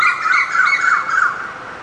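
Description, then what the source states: Bird calling with a few wavering, harsh notes, fading toward the end. Recorded in the morning.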